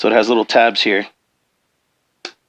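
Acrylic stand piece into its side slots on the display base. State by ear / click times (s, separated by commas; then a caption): seated / 2.2 s. Someone talks, then the small tabs of an acrylic stand piece are tapped into the side slots of a display base, attaching on the side rather than the inside to leave more room for other things. A single sharp click at 2.3 s shows the piece has seated.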